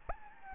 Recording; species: mosquito wingbeat signal from an infrared sensor; Anopheles gambiae